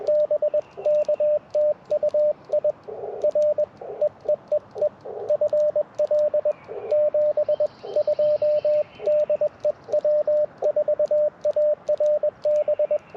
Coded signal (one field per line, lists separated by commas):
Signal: Morse code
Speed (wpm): 20 wpm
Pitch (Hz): 600 Hz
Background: radio noise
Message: BK TU I R EEEE FL 72 DE W4ARB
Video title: Morning Morse Code - 02/01/2025